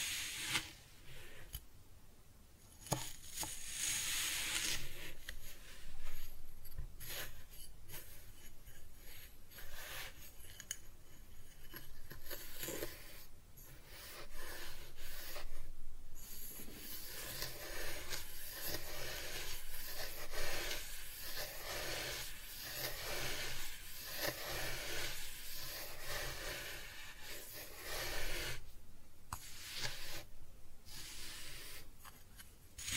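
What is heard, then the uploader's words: Crisp sand being cut and scooped, soft gritty rasps and rubs repeating irregularly every second or two. ASMR Kinetic Sand Cutting and Scooping Sounds (No Talking).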